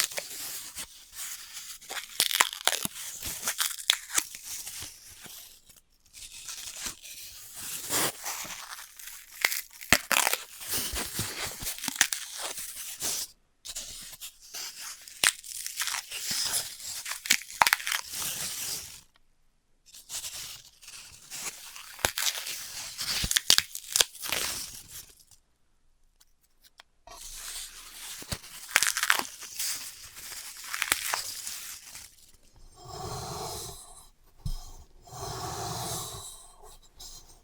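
Floral foam is crushed and cut in dense, crackly bursts with brief silent gaps, ending with a few pitched, rubbery squeaks near the end.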